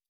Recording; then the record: hydrophone in a shrimp aquaculture tank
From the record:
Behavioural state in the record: stressed